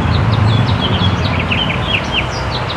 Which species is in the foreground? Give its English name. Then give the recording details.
House Finch. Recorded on Long Island, New York, on 23 June 2012. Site AP. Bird C